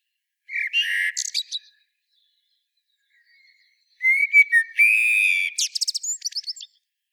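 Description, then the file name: Common blackbird delivering two song phrases, each starting with mellow whistled notes and finishing in scratchy, high twittering, with a quiet gap between them. "Turdus merula"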